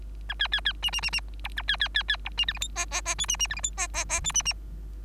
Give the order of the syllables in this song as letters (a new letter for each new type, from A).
A B B B C C C C D A B B B B D C E F G H H H I C C E F G H H H I C C